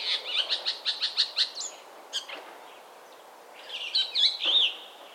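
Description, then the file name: Chestnut-cheeked starling calls: a quick series of short chirps, a lone click, then squeaky, twisting whistled notes. "Sturnus philippensis"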